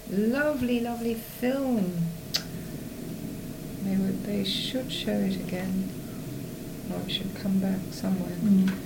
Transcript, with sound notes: Lovely, lovely film! Tch! They should show it again. [said with emphasis] Or it should come back. Somewhere.
Mhm.